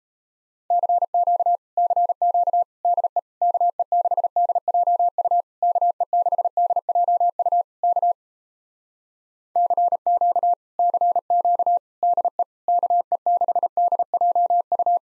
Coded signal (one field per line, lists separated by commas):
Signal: Morse code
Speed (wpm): 37 wpm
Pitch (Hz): 700 Hz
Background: none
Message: CQ CQ DE KE6DJU KE6DJU K CQ CQ DE KE6DJU